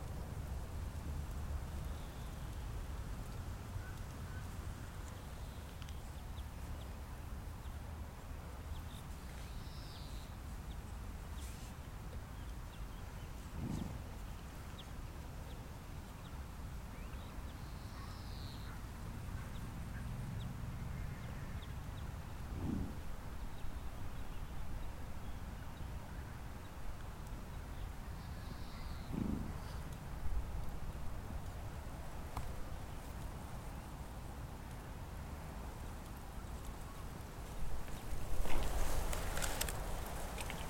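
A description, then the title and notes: Moorland with a steady low breeze rumbling throughout and a faint high hum in the air. Soft thuds, perhaps pony hooves, come every several seconds, with bird chirps now and then, and a louder rustling burst near the end. Open Moorland | New Forest National Park. Hear the bees buzz and the sounds of the famous new Forest ponies on a gentle breeze. This binaural field recording takes you to the heat of the British countryside in summer.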